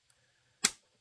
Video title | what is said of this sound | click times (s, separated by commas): Monday Product Showcase with Nate! | and we'll just go ahead and do one more again listen for that click | 0.6 s